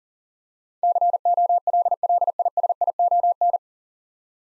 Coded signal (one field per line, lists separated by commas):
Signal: Morse code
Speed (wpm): 40 wpm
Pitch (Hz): 700 Hz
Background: none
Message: COLLISION